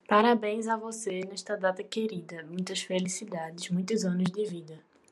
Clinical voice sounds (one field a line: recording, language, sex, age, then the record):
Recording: short text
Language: Brazilian Portuguese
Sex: female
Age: 20 to 29 years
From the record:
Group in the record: control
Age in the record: 21 years